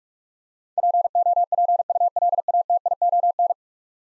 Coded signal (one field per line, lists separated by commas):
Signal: Morse code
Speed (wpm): 46 wpm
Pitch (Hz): 700 Hz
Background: none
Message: POPULATION